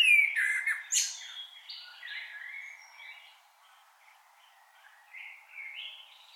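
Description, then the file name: Common blackbird opening with a clear fluted whistle and a high twitter. Softer warbled notes trail away after it. "Turdus merula"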